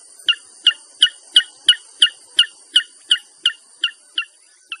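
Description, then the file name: Inaccessible Island rail calling in a steady series of bright, high, two-toned chirps, roughly three a second, fading slightly at the end over a constant high hiss. "Canto do franga dagua da inacessivel"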